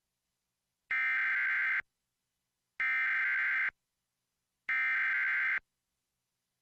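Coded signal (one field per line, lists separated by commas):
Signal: Emergency Alert System (SAME) tones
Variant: header bursts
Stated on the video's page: Tornado warning for Newark, Ohio received via Spectrum cable.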